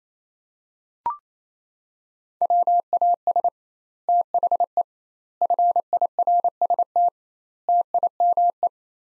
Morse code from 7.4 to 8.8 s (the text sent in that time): TIME